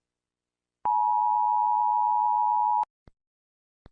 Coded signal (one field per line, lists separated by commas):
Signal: Emergency Alert System (SAME) tones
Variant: 853 and 960 Hz attention tone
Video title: Rating EAS Alarms from various countries!